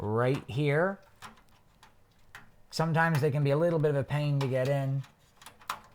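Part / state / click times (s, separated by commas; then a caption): motherboard I/O shield into PC case rear opening / seated / 5.7 s. A metal motherboard rear I/O shield, with its audio ports facing the bottom of the case, is pressed into the PC case's rear opening from the inside. Someone talks while small ticks and taps of fiddling are heard. A sharp snap at 5.7 s marks the shield clicking into place and seating.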